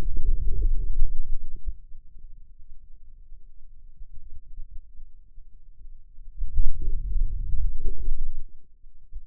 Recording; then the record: forearm muscle sounds (acoustic myography)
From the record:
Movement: wrist flexion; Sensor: system 2, bracelet of six BSWA MPA416 microphones around the upper forearm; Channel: 5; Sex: male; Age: 22 years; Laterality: right